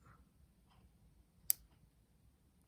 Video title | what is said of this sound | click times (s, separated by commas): Cute Dainty pearl necklace in fun summer colors | You can hear the click sound, then it's nice and secure. | 1.5 s